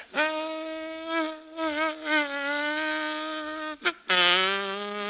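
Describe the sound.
A voice imitates a mosquito flying in a grocery store and landing on a small piece of Limburger cheese: a long, nasal, steady drone with wobbling pitch, broken by a brief gap before resuming slightly lower and louder.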